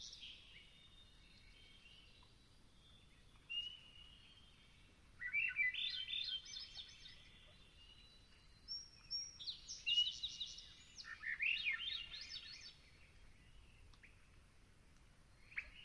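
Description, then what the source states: Swainson's Thrush singing a few fluty, spiraling phrases separated by pauses. Full song at dawn, 0430, after a minute of one-note calls, buzzes and churls; Long Swamp in the Okanogan mountains, 2019; crisp, clear morning.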